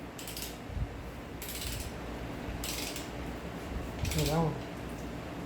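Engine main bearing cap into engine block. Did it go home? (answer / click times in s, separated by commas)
no / none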